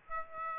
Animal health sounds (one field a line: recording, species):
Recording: mosquito wingbeat signal from an infrared sensor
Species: Aedes aegypti